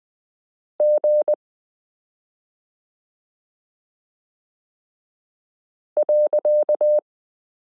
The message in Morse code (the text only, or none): G .